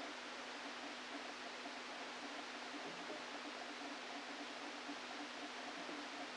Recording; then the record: brain microelectrode recording played as sound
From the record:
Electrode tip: outside the subthalamic nucleus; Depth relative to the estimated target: 2 mm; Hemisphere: left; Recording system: NeuroSet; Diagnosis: Parkinson's disease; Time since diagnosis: 13 years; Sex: male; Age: 49 years